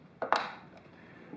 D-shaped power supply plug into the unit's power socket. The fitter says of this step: and it snaps in place and pop positively locks as